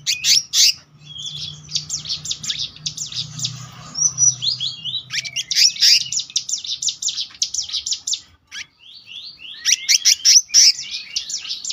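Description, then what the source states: Selendang biru delivering rapid rolling bursts of high buzzy chirps, with short pauses between the bursts. Gacor ngeroll: continuous, rolling song, with isian, song fill-in phrases.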